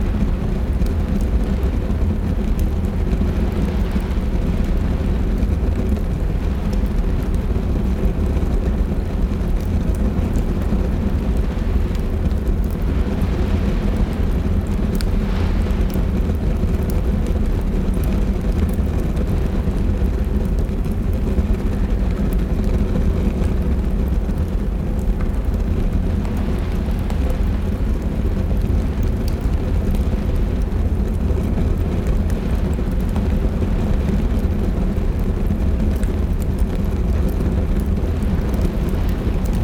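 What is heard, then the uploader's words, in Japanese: A fireplace crackles against steady rain, heard from inside during a storm. A deep, constant rumble dominates, like wind or heavy rain on a roof, with faint, quick crackles scattered throughout. The level stays even for the whole stretch, without distinct louder events. 嵐の中の居心地の良い屋根裏部屋。暖炉のパチパチと雨。外では、雨が窓を激しく打ち、その不断のリズムが屋根裏部屋の心地よい交響曲に加わります。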